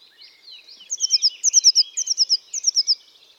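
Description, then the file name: Eurasian blue tit delivering a quick high run of thin, clipped notes in several grouped bursts, preceded by softer rising twitters. "Cyanistes caeruleus"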